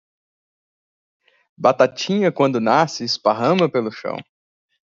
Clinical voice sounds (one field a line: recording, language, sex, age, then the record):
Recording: short text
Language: Brazilian Portuguese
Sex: male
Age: 30 to 39 years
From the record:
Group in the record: control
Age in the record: 33 years